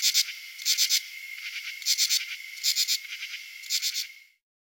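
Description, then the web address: Common true katydid calling song: harsh rasping pulse groups in bursts of two to four, repeated about every second, with a steady high tone beneath. Male calls recorded at different temperatures. "Crickets and Katydids. Pteryphylla camellifolia, male calls at different temperatures"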